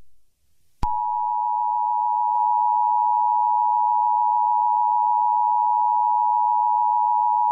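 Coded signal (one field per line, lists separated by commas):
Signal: Emergency Alert System (SAME) tones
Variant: 853 and 960 Hz attention tone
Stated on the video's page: Mock test scenario, not a real alert.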